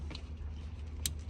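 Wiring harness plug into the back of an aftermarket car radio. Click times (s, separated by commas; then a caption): 1.1 s. A wiring harness plug is pushed into the back of an aftermarket double-DIN car radio, over a steady low hum. A faint tick comes at 0.2 s, then a sharp, bright click at 1.1 s as the plug seats.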